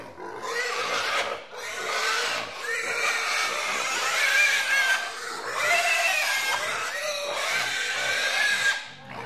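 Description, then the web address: Pigs grunting and squealing in a continuous, overlapping chorus. In a pigsty. "Tiere Schweinestall"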